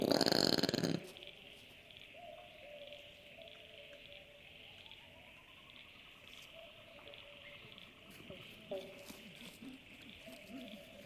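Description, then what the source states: Brush-tailed possum: a loud rasping grunt right at the start, then quiet with faint tonal sounds over a steady high drone. Several possums grunting in the woods.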